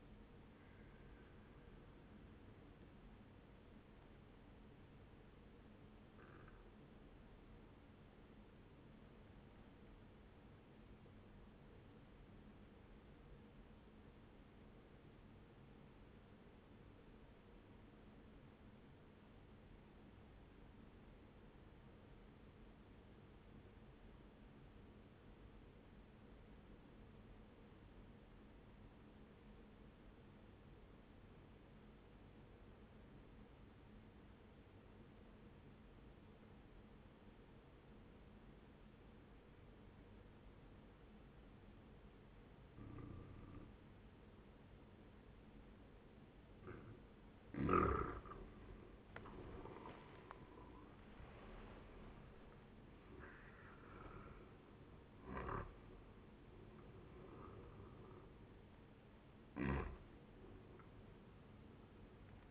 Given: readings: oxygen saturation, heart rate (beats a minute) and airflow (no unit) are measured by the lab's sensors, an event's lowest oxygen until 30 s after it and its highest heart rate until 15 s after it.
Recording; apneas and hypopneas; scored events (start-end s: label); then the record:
breathing in sleep by a voice recorder at the bedside; 1
11.00-44.20 s: obstructive apnea (N1, oxygen 97% highest, then 94% lowest, heart rate 69 at the start, 80 highest)
From the record:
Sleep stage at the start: N1 (lightest sleep); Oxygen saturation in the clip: 92 to 97%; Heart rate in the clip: 60 to 80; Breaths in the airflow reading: 6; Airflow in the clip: -13.2 to 13.0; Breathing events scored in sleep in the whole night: 131 in 7.2 hours asleep